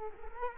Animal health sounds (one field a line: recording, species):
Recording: mosquito wingbeat signal from an infrared sensor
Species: Culex quinquefasciatus